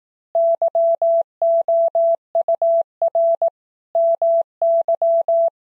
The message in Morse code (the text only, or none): YOUR MY